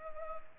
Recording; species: mosquito wingbeat signal from an infrared sensor; Culex pipiens